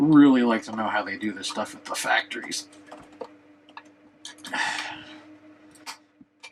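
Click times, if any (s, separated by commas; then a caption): 4.2 s. While reassembling the spinning-ghost mechanism of a Lemax Last House on the Left ceramic/resin holiday village house, a plastic piece, likely the base or shaft assembly, is pushed home into the house. Someone talks at first, then faint handling ticks follow before a sharp click at 4.3 s, with a brief burst of rustling just after. The plastic part seats into place.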